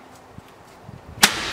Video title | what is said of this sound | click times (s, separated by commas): BEST BIKE RACK - Thule 925 VeloCompact Bike Carrier Review + Test | And then to put the bike rack back into place, all you do lift it up and you'll hear it click. | 1.2 s